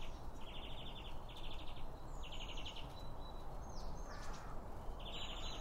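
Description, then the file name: Bird calls come as brief buzzy chirp bursts and a few thin whistles, with a constant low background hum. Several birds around a bird feeder, recorded with two Line Audio OM1 microphones. "Birds Around Birdfeeding With Two Om 1 From Line Audio"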